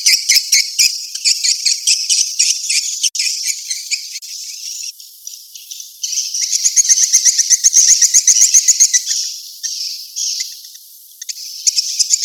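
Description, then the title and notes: Swiftlet twitters, high and rapid, repeat in fast rattling trains, swelling louder midway. Asia; sound used in swiftlet farming to attract birds. "Swiflet Bird Sound. Farming Swiflet Bird asia sound"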